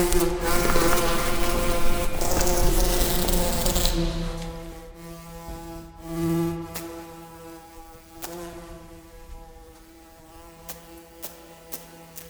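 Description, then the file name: Bumblebee buzzing: a low, even hum, first masked by loud rushing noise for about four seconds, then continuing clearly, with scattered sharp clicks and a brief louder swell. "Humle"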